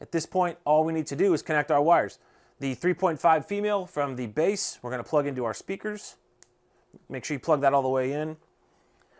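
A 3.5 mm female lead from an intercom base is pushed all the way into a helmet speaker's plug. It gives a sharp click as it snaps fully home at 6.4 s, with fainter ticks near 6.9 and 9.0 s. A man talks before and after the click.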